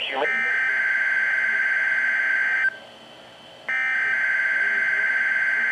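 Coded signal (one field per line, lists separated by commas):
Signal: Emergency Alert System (SAME) tones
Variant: header bursts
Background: speech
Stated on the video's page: NOAA Weather Radio Required Weekly Test received on a Midland WR120 weather radio.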